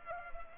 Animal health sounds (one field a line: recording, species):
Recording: mosquito wingbeat signal from an infrared sensor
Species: Culex pipiens